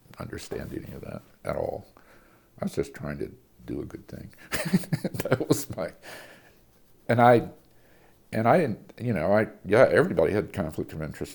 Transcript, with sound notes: understand any of that at all. I was just trying to do a good thing. [laughter] That was my—and I didn't—yeah, everybody had a conflict of interest.